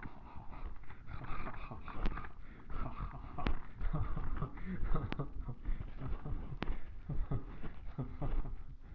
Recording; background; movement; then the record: laughter; quiet; walking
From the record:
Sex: male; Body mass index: 23.7 kg/m2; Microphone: on the chest, facing the body